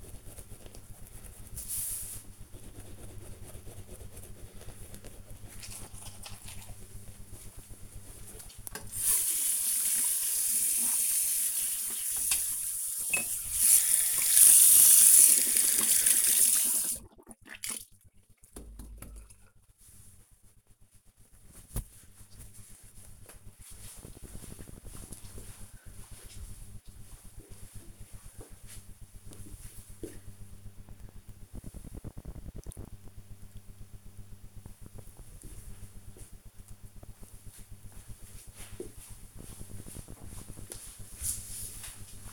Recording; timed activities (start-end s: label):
household activities, microphone on the right wrist
0.00-19.27 s: brushing teeth